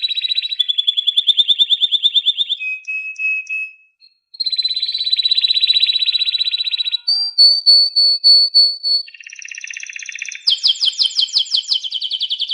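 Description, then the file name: Canary song: a varied series of rapid trilled tours, each a few seconds long, changing pitch from section to section, with a brief pause early on. "chant canari birdsforalldz"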